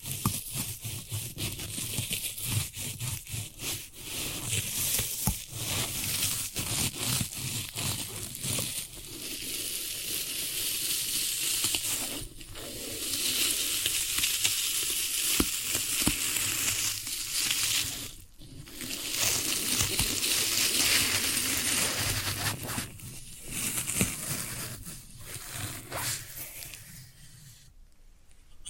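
Floral foam is crushed and handled in a dense, continuous crackle of fine crunching and crumbling, bright and hissy throughout. Short sharper snaps punctuate it every second or so, with brief pauses near 12, 18 and 23 seconds, and the activity thins toward the end.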